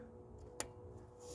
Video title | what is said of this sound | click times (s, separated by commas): 2011 Ram 2500 5.7 Hemi Eagle Engine Install & 1st Start after Rebuild. #automobile #diy | and that locks it in place. | 0.6 s